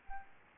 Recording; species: mosquito wingbeat signal from an infrared sensor; Aedes albopictus